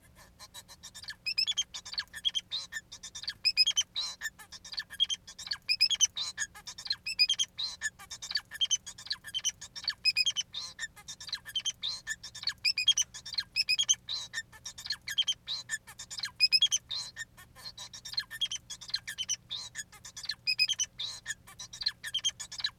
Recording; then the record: song of a male Bengalese finch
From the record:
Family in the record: son of father 4